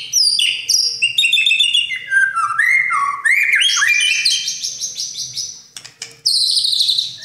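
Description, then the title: Oriental magpie-robin song, a varied mix of whistles and quick chirps, with a short dip before a fresh high burst. "Kicau Kacer"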